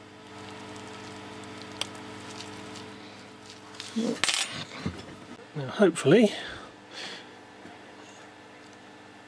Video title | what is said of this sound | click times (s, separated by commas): Reworking a tiny connector | click when they go in so you can tell they're seated but it's it's getting the thing in the right place in the first place is the tricky bit | 4.2 s